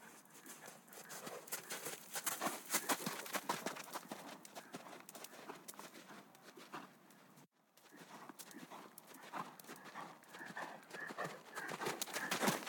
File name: G 4 F SFX - HORSES - Galloping outside in sand